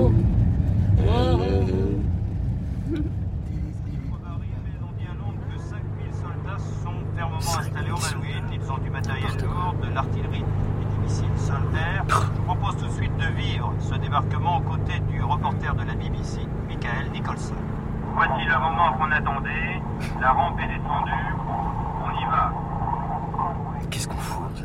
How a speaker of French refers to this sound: Enfin, et il était temps, on parle des camions qui n'ont pas cessé de passer depuis le début et où l'on enquête sur les raisons pas toujours claires et évidentes qu'ils ont d'être et de se trouver là.